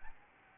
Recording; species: mosquito wingbeat signal from an infrared sensor; Aedes albopictus